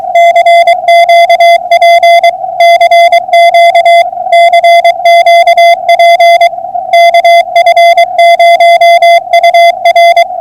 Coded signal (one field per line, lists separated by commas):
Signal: Morse code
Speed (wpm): 23 wpm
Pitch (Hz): 680 Hz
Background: music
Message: CQP CQ CQP KF0UR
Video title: 08312024 POTA Hunting